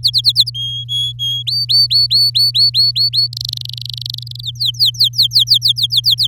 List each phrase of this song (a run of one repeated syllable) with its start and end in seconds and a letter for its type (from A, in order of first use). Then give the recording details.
0.03-0.50 A, 0.54-1.43 B, 1.47-3.28 C, 3.32-4.36 D, 4.39-6.27 E. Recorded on 6 May 2018 at 05:51. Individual llb16